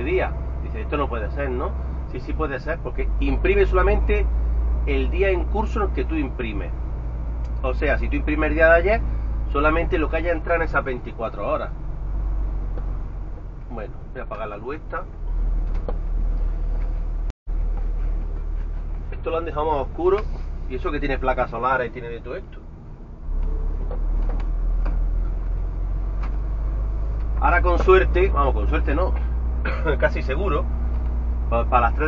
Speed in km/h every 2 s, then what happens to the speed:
7, 7, 9, 9, 11, 12, 10, 8, 8, 6, 6, 6, 6, 7, 9, 10.
0-32 steady at about 8.